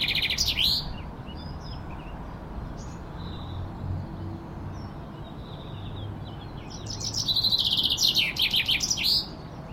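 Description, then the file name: Common chaffinch song: a brief fragment at the start, then a full phrase of rapid high notes near the end. "Fringilla coelebs"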